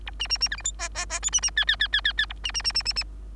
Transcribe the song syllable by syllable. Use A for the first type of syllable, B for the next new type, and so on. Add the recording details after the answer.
A B B B C D E F F F G B B H H H H H H A B B B B B B. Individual Bird3